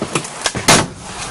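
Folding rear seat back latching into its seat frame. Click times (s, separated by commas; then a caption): 0.2 s, 0.5 s. A folding rear seat back in a 1965 Ford station wagon is raised after a small release lever is lifted. Sharp clicks at 0.2 s and 0.5 s mark the seat back latching into its seat frame, followed by a louder broadband thump near 0.7 s. The seat back locks into place.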